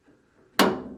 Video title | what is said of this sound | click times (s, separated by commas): Trique MFG. Altman Easy Latch Install | and that's fully latched you | 0.6 s